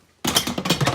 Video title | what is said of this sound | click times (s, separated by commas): Instant Pot - Chicken Noodle Soup | locks into place | 0.4 s